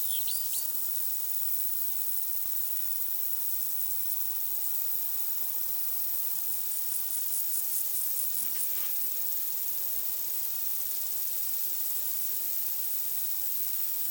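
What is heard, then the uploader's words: A summer field recording in open countryside, dominated by a steady, dense high hiss of insects with a faint, continuous whine near the top. Brief bright chirps stand out near the start and again around eight to nine seconds, with little low sound beneath. Field recordings made at Badbury Rings, Dorset, UK, during the summer of 2023. Today, the area is also a nature reserve, with an important remnant of chalk grassland that is associated with a rich plant and invertebrate fauna.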